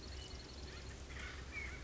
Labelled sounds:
Acorn Woodpecker (Melanerpes formicivorus)
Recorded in Sonoma County, California

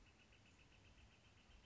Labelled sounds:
Northern Flicker (Colaptes auratus)
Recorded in Sonoma County, California

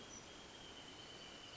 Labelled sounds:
Wrentit (Chamaea fasciata)
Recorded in Sonoma County, California

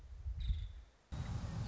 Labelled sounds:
Nuttall's Woodpecker (Dryobates nuttallii)
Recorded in Sonoma County, California

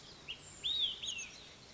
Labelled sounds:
Olive-sided Flycatcher (Contopus cooperi)
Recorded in Sonoma County, California

